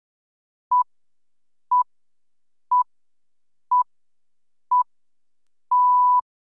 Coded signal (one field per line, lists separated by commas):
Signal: radio time signal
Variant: time pips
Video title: Time Signals Sound Effect | High Quality | NCS | Royalty Free #soundeffect #ncs